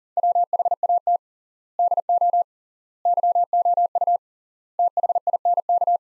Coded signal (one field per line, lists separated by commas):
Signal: Morse code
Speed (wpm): 40 wpm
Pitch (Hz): 700 Hz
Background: none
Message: WHAT DO YOU THINK